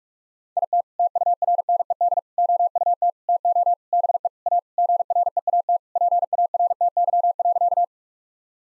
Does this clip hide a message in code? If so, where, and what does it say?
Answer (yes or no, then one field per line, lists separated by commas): yes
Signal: Morse code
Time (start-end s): 0.6-7.8 s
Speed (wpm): 46 wpm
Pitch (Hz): 700 Hz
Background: none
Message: IT TURNED OUT TO BE A GREAT PARTY.